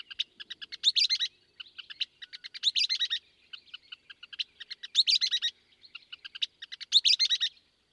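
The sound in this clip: Western kingbird chatter, rapid sharp ticks speeding into loud squeaky sputtering bursts, about one burst each two seconds, the pattern repeated steadily.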